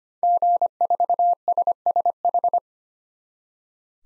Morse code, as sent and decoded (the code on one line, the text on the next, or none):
--. ....- ... ... ....
G4SSH